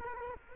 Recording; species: mosquito wingbeat signal from an infrared sensor; Culex quinquefasciatus